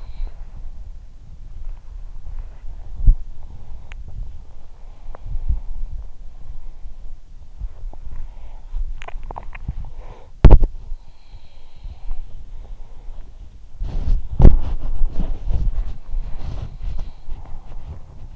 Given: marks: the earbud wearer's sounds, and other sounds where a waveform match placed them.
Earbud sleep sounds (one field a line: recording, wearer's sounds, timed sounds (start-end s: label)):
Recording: sounds in sleep by an in-ear microphone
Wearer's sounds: body movement, teeth grinding, breath, swallowing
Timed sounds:
0.00-18.36 s: body movement
3.80-4.14 s: teeth grinding
4.84-7.10 s: sound from someone else or the room
5.00-5.31 s: teeth grinding
7.94-8.92 s: breath
8.92-9.78 s: swallowing
9.78-10.35 s: breath
11.02-13.49 s: sound from someone else or the room